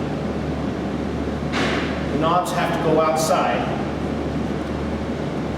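Stay pieces are lined up on the frame of a Colosimo EZ sausage press with their knobs facing outward, against a steady low hum while someone talks. Nothing has clicked into place yet.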